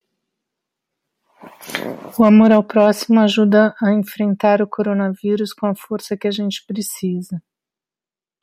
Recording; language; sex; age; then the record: spoken sentence; Brazilian Portuguese; female; 50 to 59 years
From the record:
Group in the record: control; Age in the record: 56 years